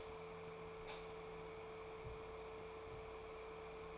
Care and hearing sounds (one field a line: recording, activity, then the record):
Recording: daily activity, microphone in the room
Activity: light on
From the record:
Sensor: 1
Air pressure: 1014.8 hPa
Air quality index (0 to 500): 186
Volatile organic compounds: 19 ppm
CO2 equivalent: 2641 ppm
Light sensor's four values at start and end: 33/83/35/42 and 38/102/42/50